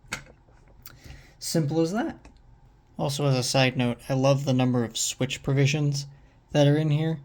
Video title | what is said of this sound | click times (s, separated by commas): Rebuilding an Atlas O ALCo RS1 | slides over, and then it's locked into place. | 0.1 s